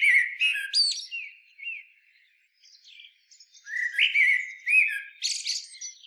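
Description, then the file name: Common blackbird song: a loud mellow phrase with sharp high flourishes, a brief pause, then more fluted warbling ending in a squeaky chattering twitter. "Turdus merula"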